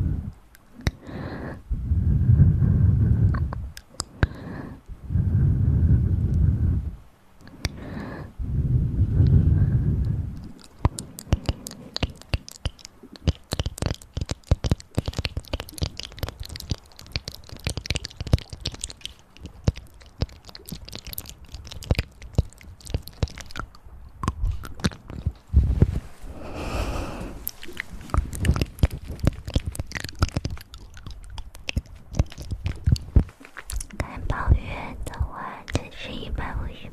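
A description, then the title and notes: Ear massage and mouth sounds. For the first ten seconds, three muffled, low rubbing swells come, then give way to dense, rapid crackly clicks and wet mouth noises that continue steadily, with occasional brief softer pauses. Intense Ear Massage & Mouth Sounds.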